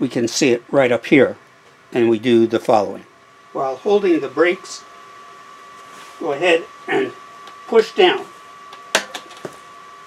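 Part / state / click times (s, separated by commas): master link pins in a bicycle chain / seated / 8.9 s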